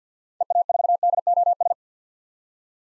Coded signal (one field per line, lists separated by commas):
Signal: Morse code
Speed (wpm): 50 wpm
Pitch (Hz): 700 Hz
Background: none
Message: EA4DOS